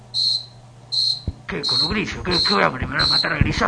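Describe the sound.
A cricket chirps in about five evenly spaced, shrill, high-pitched bursts; partway through, a person starts talking over the steady chirping.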